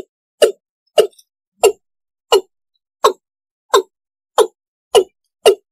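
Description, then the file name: East Asian bullfrog: frog giving short, dull plopping croaks, repeated roughly every two-thirds of a second in an even series with a silent background. "tieng ga dong"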